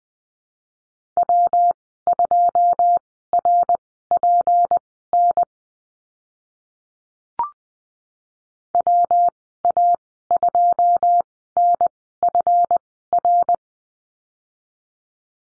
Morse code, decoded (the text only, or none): W2RPN WA2NFR